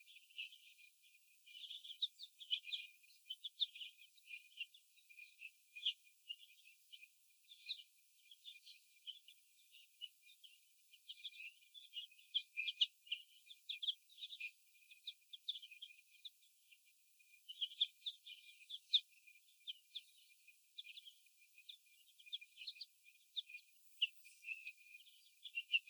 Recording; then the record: young laying hens in a cage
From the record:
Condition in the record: after the stressor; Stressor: sudden umbrella opening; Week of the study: 2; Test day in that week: 1